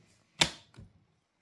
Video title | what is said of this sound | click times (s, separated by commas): Fix Your KitchenAid Dishwasher Beeping with the Clean Light On | Did you hear that click? If you did not hear that click, | 0.4 s